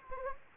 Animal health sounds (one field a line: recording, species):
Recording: mosquito wingbeat signal from an infrared sensor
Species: Anopheles gambiae